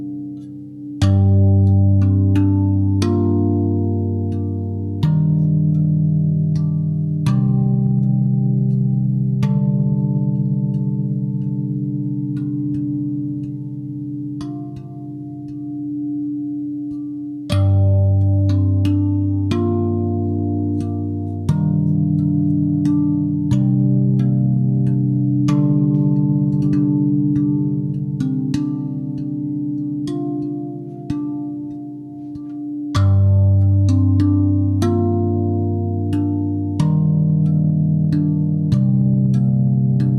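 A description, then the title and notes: A sound bath of deep, ringing tones, like bowls or gongs, struck again and again and left to sustain into a dense, humming drone. New strikes arrive every few seconds, with fresh low swells near 1, 5, 17 and 33 seconds, while bright metallic pings sparkle above. Sound bath.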